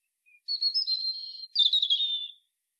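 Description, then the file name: European robin song, a soft high warbling phrase followed by a brighter, jumbled trilling phrase that tapers down, on a quiet background. "Erithacus rubecula"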